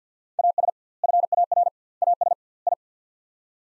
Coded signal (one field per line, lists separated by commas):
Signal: Morse code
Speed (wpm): 47 wpm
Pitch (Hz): 700 Hz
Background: none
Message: AS FAR AS I